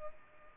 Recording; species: mosquito wingbeat signal from an infrared sensor; Culex pipiens